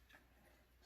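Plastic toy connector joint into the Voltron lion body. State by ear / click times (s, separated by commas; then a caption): not seated / none. A plastic LEGO Voltron connector joint is pushed into the Voltron lion body, where the instructions say it should click. Only low, steady background noise is heard, with a faint soft rise around 0.1–0.2 seconds and no sharp snap. The joint has not clicked or seated yet.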